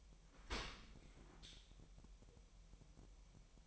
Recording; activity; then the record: daily activity, microphone in the room; open dishwasher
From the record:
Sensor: 1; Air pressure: 1000.5 hPa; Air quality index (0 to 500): 246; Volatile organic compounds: 139 ppm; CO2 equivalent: 3973 ppm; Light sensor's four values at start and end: 11/27/11/12 and 11/27/11/12